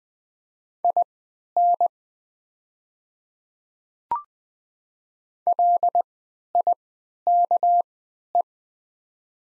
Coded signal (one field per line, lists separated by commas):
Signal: Morse code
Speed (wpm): 20 wpm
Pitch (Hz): 700 Hz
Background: none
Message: IN LIKE